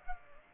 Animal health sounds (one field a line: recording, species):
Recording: mosquito wingbeat signal from an infrared sensor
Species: Culex pipiens